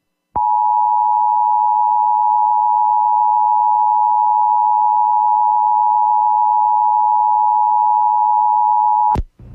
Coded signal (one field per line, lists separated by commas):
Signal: Emergency Alert System (SAME) tones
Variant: 853 and 960 Hz attention tone